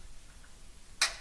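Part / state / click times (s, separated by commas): hard drive into drive cradle / seated / 1.0 s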